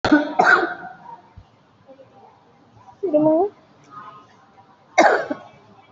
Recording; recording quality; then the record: heavy voluntary cough; excellent, no background noise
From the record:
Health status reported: COVID-19 positive, moderate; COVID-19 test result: positive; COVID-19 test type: RT-PCR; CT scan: taken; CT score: 5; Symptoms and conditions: cough, cold, sore throat, fever, fatigue, muscle pain, diarrhoea, diabetes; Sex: female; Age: 63 years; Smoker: no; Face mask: worn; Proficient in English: yes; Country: India